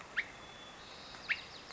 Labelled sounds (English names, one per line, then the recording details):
White-crowned Sparrow
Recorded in Sonoma County, California